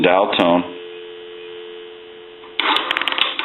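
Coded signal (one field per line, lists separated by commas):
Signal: telephone call progress tone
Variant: North America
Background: speech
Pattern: dial tone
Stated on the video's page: Tones heard during initial checkout and repair of a Western Electric 234G three-slot payphone conversion.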